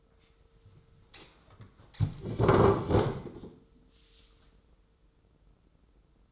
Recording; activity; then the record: daily activity, microphone in the room; sit down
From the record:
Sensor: 3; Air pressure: 996.0 hPa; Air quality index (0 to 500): 245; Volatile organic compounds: 1000 ppm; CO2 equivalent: 6255 ppm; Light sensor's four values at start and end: 38/92/40/43 and 40/98/42/46